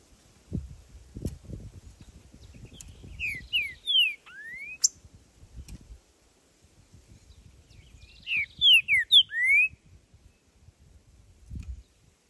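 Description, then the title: Green-winged saltator song: two whistled phrases of quick downslurred notes ending in a rising slur, separated by several seconds of low rumbling background noise. Wild bird singing in nature, recorded to stimulate captive birds; song described as calling, singing and male territorial display in competition. "Trinca Ferro Cantando na Natureza! Ideal para ESQUENTAR seu TRINCA!!"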